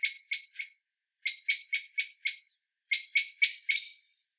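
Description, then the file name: Common blackbird with loud, harsh chack notes repeated rapidly in three short groups, about four per second. "Turdus merula"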